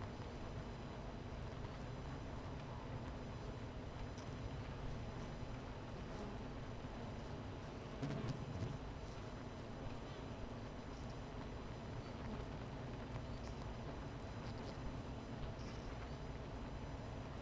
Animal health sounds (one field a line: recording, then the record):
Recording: honeybee colony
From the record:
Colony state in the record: missing queen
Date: 14 July 2017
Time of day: 11:55